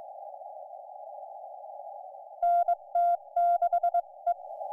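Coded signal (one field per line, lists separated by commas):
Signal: Morse code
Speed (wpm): 21 wpm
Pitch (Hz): 700 Hz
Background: none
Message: NT6E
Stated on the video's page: Live CW on a Summits on the Air activation on Kagel Mountain with a homebuilt high-band QMX QRP rig, audio taken straight from the radio.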